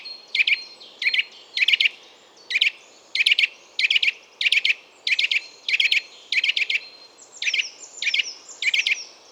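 Eurasian nuthatch repeating short, piercing twit calls in small clusters in quick succession, with thin high whistled notes threading through over a steady background hiss.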